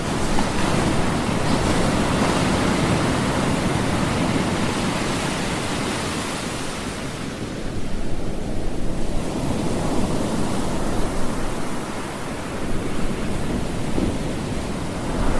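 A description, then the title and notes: Ocean waves roll in a dense, steady wash of surf that fills the low and middle range. The roar eases slightly around seven to nine seconds, then swells again, with a brief hissing surge near the end. Relaxing Ocean Waves: Sleep, study, relax.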